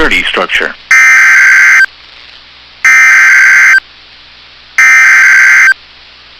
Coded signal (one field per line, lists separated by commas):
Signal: Emergency Alert System (SAME) tones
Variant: header bursts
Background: speech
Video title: [EAS Compilation] Severe Thunderstorm Warnings With on NOAA Weather Radio WXM99 August 28 2022